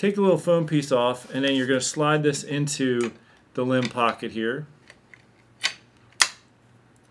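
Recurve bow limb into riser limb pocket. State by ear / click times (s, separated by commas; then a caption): seated / 6.2 s. Someone talks while the top limb of an Olympic recurve bow is slid into the limb pocket on the riser. Quiet handling taps follow, and then a sharp, loud click at 6.2 s shows the limb has latched and seated in the pocket.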